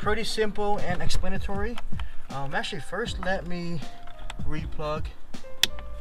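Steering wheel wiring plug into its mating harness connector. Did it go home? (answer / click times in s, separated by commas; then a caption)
yes / 5.6 s. Someone talks while fitting a new steering wheel, plugging its color-matched wiring connector (gray to gray, green to green) into the mating harness connector. A single sharp, fast-dying click at 5.6 s marks the plug seating, with music playing underneath.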